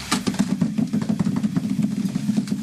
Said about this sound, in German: Nähmaschine.